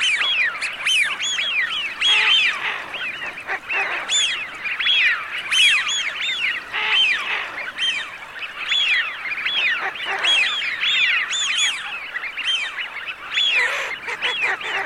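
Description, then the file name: Eurasian wigeon flock whistling, many overlapping rising-falling 'whee-oo' calls from several birds at once throughout. "FISCHIONE"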